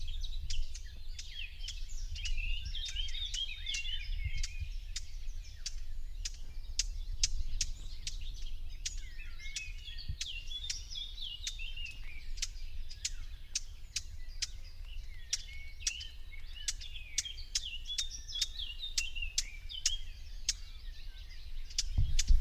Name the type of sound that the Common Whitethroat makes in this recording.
call